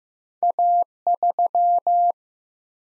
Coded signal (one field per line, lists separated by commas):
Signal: Morse code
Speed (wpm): 15 wpm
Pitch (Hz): 700 Hz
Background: none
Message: A3